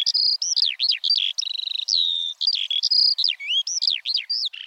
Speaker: Eurasian skylarks even sing while hovering, sometimes for minutes on end.